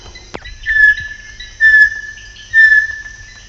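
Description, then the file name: Bartlett's tinamou singing pure, steady whistles on one pitch, each held briefly and repeated about once a second, with a sharp click near the start. "Joseph Tobias and Nathalie Seddon - Bartlett's Tinamou (Crypturellus bartletti)"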